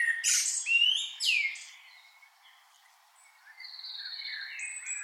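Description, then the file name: Common blackbird giving a few loud, sharp, squealing notes, followed by softer, thin, drawn-out high notes. "Turdus merula"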